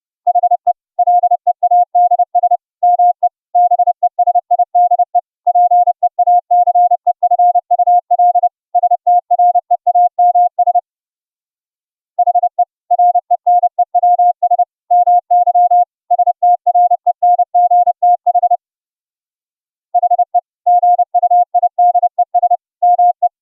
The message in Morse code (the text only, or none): HE LEADS ME BESIDE PEACEFUL STREAMS HE RENEWS MY STRENGTH HE GUIDES ME